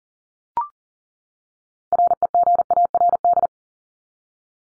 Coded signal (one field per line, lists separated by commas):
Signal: Morse code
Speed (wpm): 40 wpm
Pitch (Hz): 700 Hz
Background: none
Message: REGARD